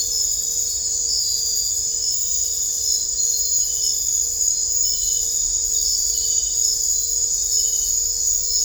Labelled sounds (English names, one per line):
none